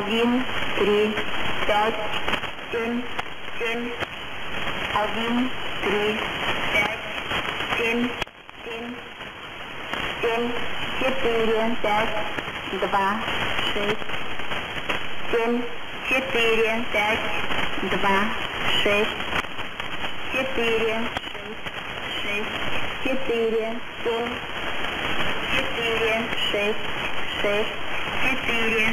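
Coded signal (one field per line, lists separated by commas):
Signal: numbers station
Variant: S06s, Russian female voice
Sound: female voice reading Russian digits in evenly spaced groups over hissy shortwave static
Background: radio static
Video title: S06s 11742 kHz Full Tx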